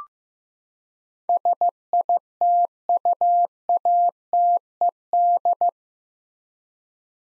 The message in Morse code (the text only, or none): SITUATED